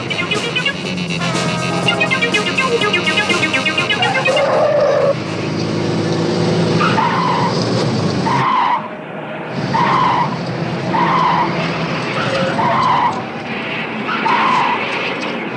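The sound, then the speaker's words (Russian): Two Mercedes cars chase another car, engines roaring and revving hard, with repeated tire squeals and skids cutting through in a steady rhythm of screeches. “Нашу машину преследовали два «Мерседеса».”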